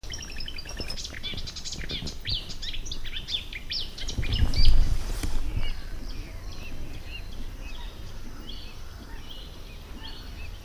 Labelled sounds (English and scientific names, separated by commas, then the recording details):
Little Crake (Porzana parva)
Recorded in the wild
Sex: male
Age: adult
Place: Kützerhof, Kummerower See, Mecklenburg-Vorpommern, DE
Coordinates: 53.8653, 12.8761
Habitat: wetland
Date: 2008-05-27 22:08
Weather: wolkig, 11°C, kaum Wind
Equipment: Sound Devices 702, Sennheiser MKH 70, Windkorb
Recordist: Frommolt, Karl-Heinz